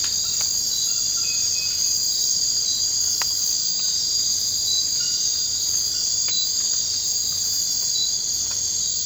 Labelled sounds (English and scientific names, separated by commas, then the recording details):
none
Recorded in dense forest near Puerto Asís, Putumayo, Colombia, on 24 March 2025 at 01:30
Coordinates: 0.485, -76.318
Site G056